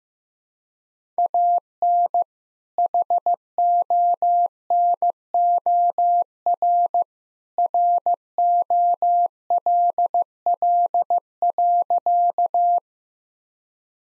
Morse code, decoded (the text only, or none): AN HONOR ROLL.